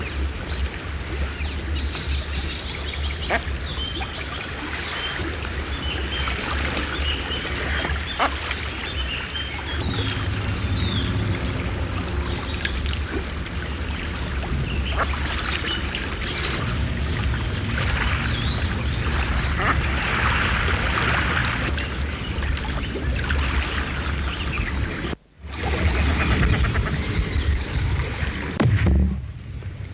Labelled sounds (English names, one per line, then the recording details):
Common Shelduck
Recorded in the wild
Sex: female
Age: adult
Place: Wreechen, Insel Rügen, Mecklenburg-Vorpommern, DE
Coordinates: 54.3306, 13.4667
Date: 1979-06-27 10:21
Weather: overcast, 16°C
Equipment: ITT Schaub-Lorenz Studio Recorder 72, Verstärker, MD 421 HL, Reflektor, Kopie Uher 4200 Report
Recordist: Tembrock, Günter
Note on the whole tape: Bei Wreechen (am Bodden): Weibchen: Abfluglaute, verschwindet in einer Höhle